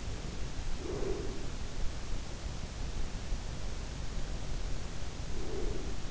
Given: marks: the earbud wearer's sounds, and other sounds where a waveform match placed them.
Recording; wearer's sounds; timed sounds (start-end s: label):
sounds in sleep by an in-ear microphone; breath
0.53-1.87 s: breath
5.08-6.08 s: breath